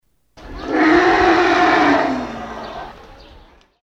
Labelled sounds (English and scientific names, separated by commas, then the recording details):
Asian Elephant (Elephas maximus)
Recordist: Tembrock, Günter
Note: Langlaut eines Jungtieres